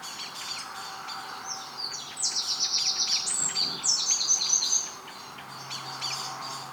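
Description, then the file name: Eurasian wren song: a high, fast series of trilled and twittering notes over steady background noise. "Troglodytes troglodytes"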